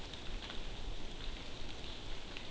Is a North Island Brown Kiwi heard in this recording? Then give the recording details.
no. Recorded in New Zealand on 12 June 2014. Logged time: 02:19